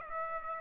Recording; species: mosquito wingbeat signal from an infrared sensor; Aedes aegypti